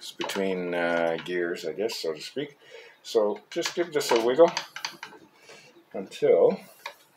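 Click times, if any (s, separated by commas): none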